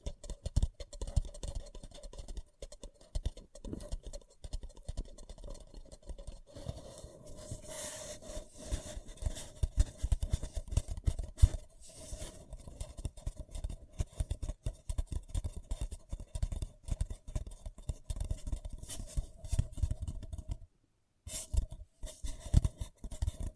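Paper cup tingles: quick, dense scratching and tapping on a paper cup, crackly and uneven, with a steady faint tone running underneath. The handling grows busier after about seven seconds, and a brief silence falls near the twenty-one second mark before the scratching resumes.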